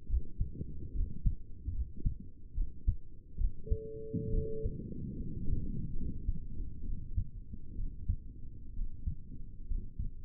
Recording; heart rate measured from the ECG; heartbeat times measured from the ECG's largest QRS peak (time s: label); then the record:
heart sounds by stethoscope; 69 bpm
0.09 s: heartbeat
0.95 s: heartbeat
1.74 s: heartbeat
2.56 s: heartbeat
3.39 s: heartbeat
4.33 s: heartbeat
5.21 s: heartbeat
5.97 s: heartbeat
6.86 s: heartbeat
7.78 s: heartbeat
8.77 s: heartbeat
9.70 s: heartbeat
From the record:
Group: healthy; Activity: rest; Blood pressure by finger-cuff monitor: 97/58 mmHg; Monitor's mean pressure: 72 mmHg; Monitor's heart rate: 67 bpm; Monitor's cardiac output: 6.4 L/min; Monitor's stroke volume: 94 mL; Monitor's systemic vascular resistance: 800 dyn s/cm5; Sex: male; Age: 22 years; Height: 181 cm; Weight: 79 kg